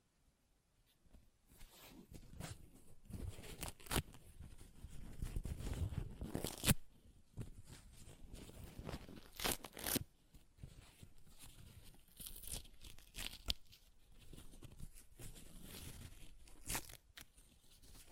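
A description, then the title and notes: Paper is ripped and torn in a series of rough, crackling pulls, starting after a second of quiet and continuing to the end. Sharp bright tears stand out around 3–4, 6.5, 9.5, 12.5 and 16.5 seconds, with rustling and crinkling between them. ASMR Paper Ripping Tearing Sounds (No Talking).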